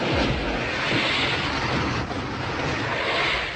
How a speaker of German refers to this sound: Was ist das für ein Geräusch? In der Karte steht, dass da ein kleiner Wasserfall sein muss in der Nähe der Pumpe. Da ist ein kleiner Wasserfall.